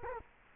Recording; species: mosquito wingbeat signal from an infrared sensor; Culex quinquefasciatus